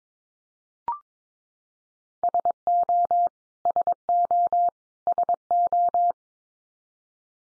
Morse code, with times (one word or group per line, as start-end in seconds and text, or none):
2.2-3.3 SO
3.7-4.7 SO
5.1-6.1 SO